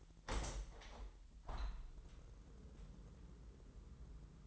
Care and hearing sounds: daily activity, microphone in the room; open window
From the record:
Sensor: 3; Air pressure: 998.5 hPa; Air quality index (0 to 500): 154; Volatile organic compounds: 6 ppm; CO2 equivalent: 1858 ppm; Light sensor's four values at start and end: 11/28/11/12 and 12/28/12/13

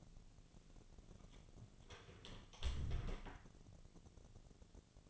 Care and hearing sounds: daily activity, microphone in the room; close door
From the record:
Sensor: 4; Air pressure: 1001.2 hPa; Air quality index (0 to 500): 185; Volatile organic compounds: 3 ppm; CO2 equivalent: 1322 ppm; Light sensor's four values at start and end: 15/35/14/15 and 17/39/16/16

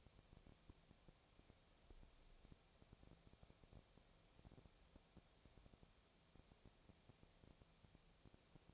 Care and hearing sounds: daily activity, microphone in the room; no activity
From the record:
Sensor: 1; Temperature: 19.6 degrees Celsius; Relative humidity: 36.5%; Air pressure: 997.1 hPa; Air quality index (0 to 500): 204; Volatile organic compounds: 128 ppm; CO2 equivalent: 3917 ppm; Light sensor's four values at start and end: 1/2/1/1 and 1/2/1/1

